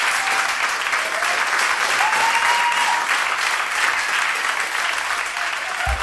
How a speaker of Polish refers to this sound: Ależ to były znakomitości. Oklaski jak najbardziej zasłużone. Myślę, że ta energia, która na scenie dotarła również do Państwa przy radioodbiornikach.